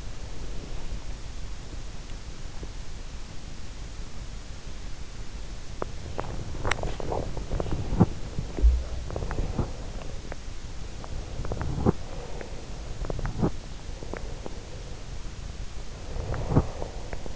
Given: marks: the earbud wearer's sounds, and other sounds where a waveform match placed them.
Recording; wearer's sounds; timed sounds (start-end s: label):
sounds in sleep by an in-ear microphone; breath, body movement
0.02-1.18 s: breath
5.60-16.98 s: body movement
9.11-10.39 s: breath
11.98-12.86 s: breath
13.78-15.18 s: breath
16.08-17.36 s: breath